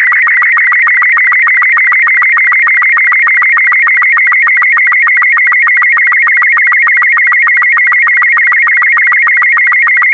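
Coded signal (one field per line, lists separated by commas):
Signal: SSTV (slow-scan television)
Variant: Robot36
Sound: warbling, chirping tone around 2 kHz with rapid regular clicks, like a buzzy synthesizer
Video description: This video has been specially made to be decoded using the SSTV Robot36 format.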